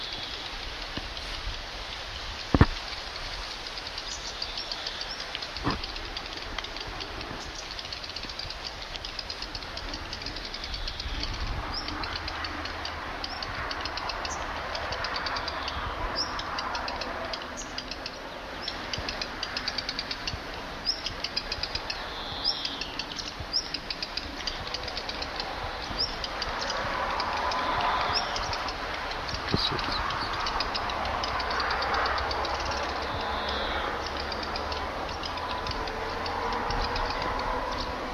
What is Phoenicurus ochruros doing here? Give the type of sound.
alarm call